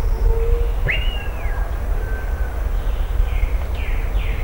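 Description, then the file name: Bird call: a clear whistle that jumps up, stays level and falls away, followed by softer downslurred notes, all over constant low-frequency rumble. "SABIOD 50 bird 2015"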